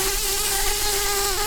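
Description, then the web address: Brown-banded carder bee queen buzzing with a steady, continuous hum and a faint waver in pitch, lasting over a second before cutting off. "Humilis queens"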